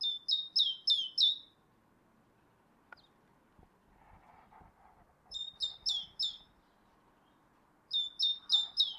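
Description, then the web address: Great tit calls: three bursts of quick, high, downward-sliding notes, the bursts spaced several seconds apart. "SETE data Parus major"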